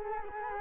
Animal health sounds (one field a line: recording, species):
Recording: mosquito wingbeat signal from an infrared sensor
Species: Culex quinquefasciatus